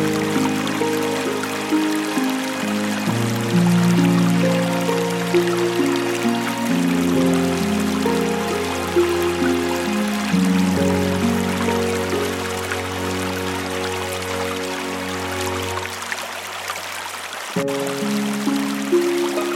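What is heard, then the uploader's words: Gentle harp notes ring out in slow, sustained tones over a steady, hissing flow of river water, with a brief pause near seventeen seconds. Peaceful river sounds with relaxing harp music.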